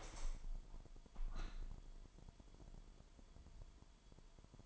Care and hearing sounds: daily activity, microphone in the room; open window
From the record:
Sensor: 5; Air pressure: 998.1 hPa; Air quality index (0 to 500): 97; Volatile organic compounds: 2 ppm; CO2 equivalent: 1105 ppm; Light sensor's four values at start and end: 25/60/25/27 and 25/61/25/28

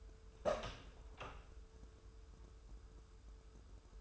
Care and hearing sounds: daily activity, microphone in the room; open door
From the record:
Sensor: 2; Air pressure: 1015.0 hPa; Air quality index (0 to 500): 110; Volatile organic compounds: 3 ppm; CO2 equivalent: 1395 ppm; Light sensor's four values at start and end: 13/35/14/15 and 13/35/14/15

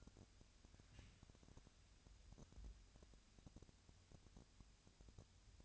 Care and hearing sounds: daily activity, microphone in the room; wipe stove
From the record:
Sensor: 2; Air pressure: 1006.9 hPa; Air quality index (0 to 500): 197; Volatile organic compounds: 13 ppm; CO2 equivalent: 2414 ppm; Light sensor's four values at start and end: 10/24/10/10 and 10/24/10/10

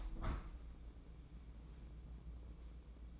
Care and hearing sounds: daily activity, microphone in the room; open window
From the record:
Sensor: 1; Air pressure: 1012.3 hPa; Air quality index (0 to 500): 163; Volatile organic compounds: 3 ppm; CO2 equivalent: 1328 ppm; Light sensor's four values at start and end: 152/341/152/162 and 152/341/151/161

